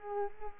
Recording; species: mosquito wingbeat signal from an infrared sensor; Culex quinquefasciatus